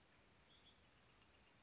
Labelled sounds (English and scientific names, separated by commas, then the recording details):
Bewick's Wren (Thryomanes bewickii)
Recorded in Sonoma County, California